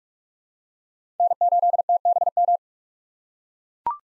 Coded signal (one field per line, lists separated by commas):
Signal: Morse code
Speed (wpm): 41 wpm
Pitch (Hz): 700 Hz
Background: none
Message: N8TBM